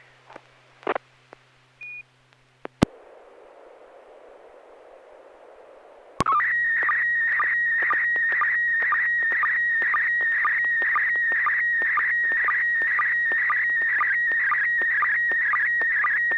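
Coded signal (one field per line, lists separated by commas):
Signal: SSTV (slow-scan television)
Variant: PD120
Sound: brief clicks and radio hiss, then a warbling tone with steady ticking sync pulses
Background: FM radio hiss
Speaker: this is going to be pd 120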